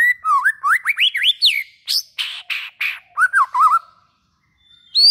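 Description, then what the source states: White-rumped shama song: wavering rising whistles, several harsh raspy notes, then quick twisting whistles, a short silence and one rising note. Used as a lure for trapping.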